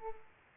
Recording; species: mosquito wingbeat signal from an infrared sensor; Culex pipiens